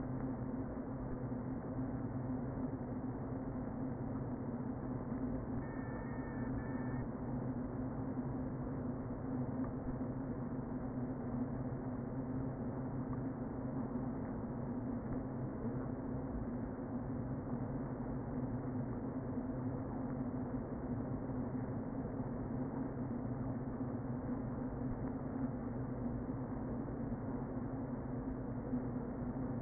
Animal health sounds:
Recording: honeybee colony, microphone inside the hive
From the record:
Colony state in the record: queen present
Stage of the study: before two queens were removed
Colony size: about 60,000 bees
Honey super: yes

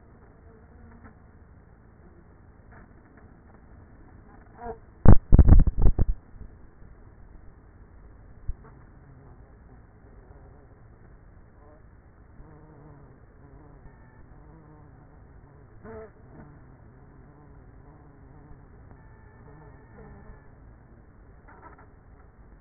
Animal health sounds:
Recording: honeybee colony, microphone inside the hive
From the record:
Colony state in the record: queenless with a low population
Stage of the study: after two queens were removed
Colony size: about 30,000 bees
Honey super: no

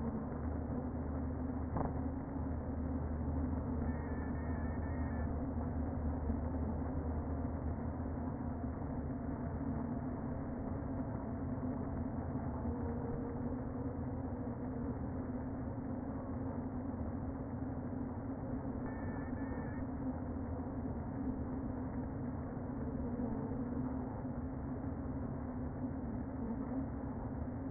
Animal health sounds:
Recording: honeybee colony, microphone inside the hive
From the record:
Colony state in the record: queen present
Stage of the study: before two queens were removed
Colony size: about 60,000 bees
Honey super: yes

